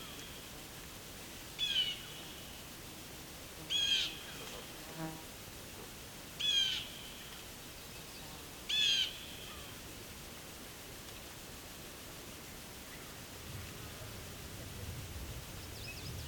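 Birds sing at a slow, relaxed pace in a quiet natural setting. Four short, high whistled phrases arrive about every two to three seconds in the first nine seconds, then stop, leaving a soft steady hiss and faint low rumble.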